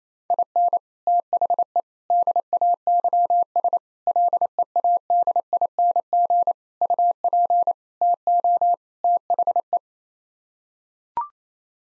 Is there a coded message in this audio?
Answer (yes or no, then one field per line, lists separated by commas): yes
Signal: Morse code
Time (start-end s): 0.3-9.8 s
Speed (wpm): 28 wpm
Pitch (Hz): 700 Hz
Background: none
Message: IN THE DAYS LEADING UP TO THE